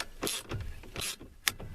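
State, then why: Seated. On an OBS Ford steering column, a short piece of PVC pipe and the tightened steering wheel nut press the spring and sleeve down the steering shaft. Mechanical ratcheting and scraping sounds build to a sharp metallic click at 1.5 s. The metal snap ring drops into its groove on the shaft and is seated.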